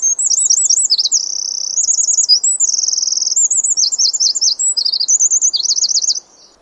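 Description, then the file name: Eurasian wren singing a fast, high-pitched run of sharp warbled notes and buzzy trills, continuous for about six seconds before stopping abruptly. "Troglodytes troglodytes"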